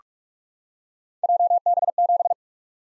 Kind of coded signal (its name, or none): Morse code